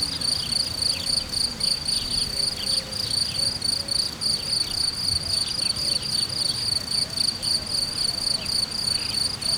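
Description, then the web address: Cricket song of rapid, even pulses, high and unbroken throughout, joined by faint bird calls and low-frequency rumble. Hortobágy, 2014, in nature. "allathangok termeszetben tucsok 2014 hortobagy"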